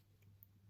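A plastic washer back is pushed onto the shank of a safety eye through crochet fabric after the eye came loose. Over a steady low hum, a short, sharp click sounds at 0.4 s as the back snaps home and seats.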